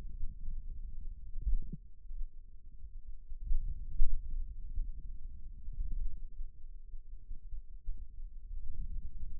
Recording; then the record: forearm muscle sounds (acoustic myography)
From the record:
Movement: hand opening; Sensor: system 2, bracelet of six BSWA MPA416 microphones around the upper forearm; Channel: 4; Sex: male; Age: 22 years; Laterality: right